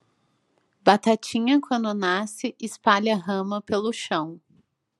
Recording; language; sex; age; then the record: short text; Brazilian Portuguese; female; 20 to 29 years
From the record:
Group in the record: control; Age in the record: 29 years